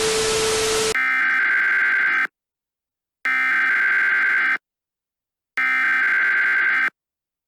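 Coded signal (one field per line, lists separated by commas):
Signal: Emergency Alert System (SAME) tones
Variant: header bursts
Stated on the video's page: Fictional analog-horror EAS scenario.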